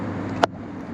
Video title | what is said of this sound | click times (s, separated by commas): The EASIEST Oil Change? - DIY Audi S4 Step by Step Oil Change | Nice click, nice solid click. | 0.4 s